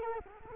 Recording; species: mosquito wingbeat signal from an infrared sensor; Culex quinquefasciatus